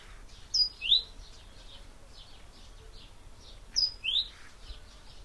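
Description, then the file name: Great tit call: a high short tone followed by a rising note, given twice about three seconds apart over soft chirping. "Parus major"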